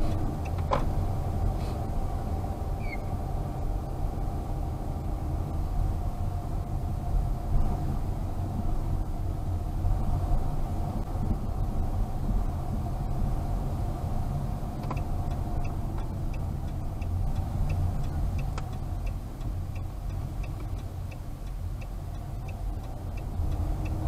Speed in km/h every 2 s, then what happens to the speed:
21, 23, 24, 24, 23, 24, 24, 24, 20, 15, 13, 15.
0-14 steady at about 24. 14-18 slows to 15. 18-24 steady at about 15.